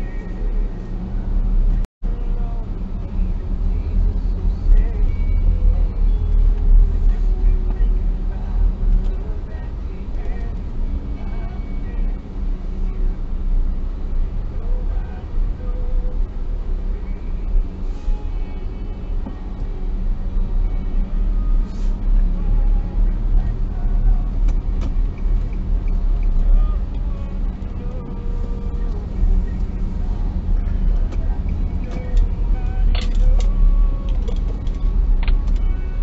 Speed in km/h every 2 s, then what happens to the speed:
25, 30, 33, 30, 23, 21, 20, 20, 20, 20, 21, 28, 29, 27, 27, 29, 30, 25.
0-5 speeds up to 33. 5-9 slows to 21. 9-19 steady at about 20. 19-23 speeds up to 29. 23-32 steady at about 29.